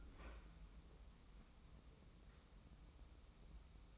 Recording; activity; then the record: daily activity, microphone in the room; open fridge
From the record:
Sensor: 1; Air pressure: 994.4 hPa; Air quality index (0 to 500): 220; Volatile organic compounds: 1000 ppm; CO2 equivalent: 7926 ppm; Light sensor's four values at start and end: 145/333/149/165 and 121/273/122/132